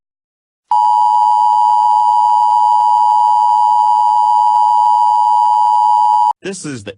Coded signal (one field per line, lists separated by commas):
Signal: Emergency Alert System (SAME) tones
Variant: 853 and 960 Hz attention tone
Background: speech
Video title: The Emergency Alert System takes a flight. The luggage is death